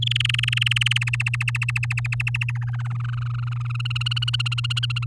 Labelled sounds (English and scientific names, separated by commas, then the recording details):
Domestic Canary (Serinus canaria) song
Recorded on 9 May 2018 at 06:07
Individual llb16